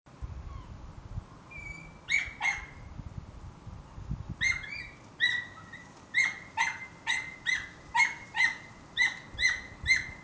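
Dog giving high, sharp yips, scattered at first, then repeated about twice a second in a steady run over faint low rumbling.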